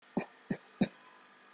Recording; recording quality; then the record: shallow voluntary cough; moderate, slight background noise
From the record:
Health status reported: healthy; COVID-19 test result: not tested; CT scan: not taken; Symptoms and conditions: none ticked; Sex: male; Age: 25 years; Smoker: no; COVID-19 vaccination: both doses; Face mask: worn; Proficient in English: yes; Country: India